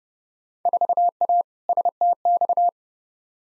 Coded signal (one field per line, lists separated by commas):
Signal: Morse code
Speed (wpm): 32 wpm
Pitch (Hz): 700 Hz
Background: none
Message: 4A STX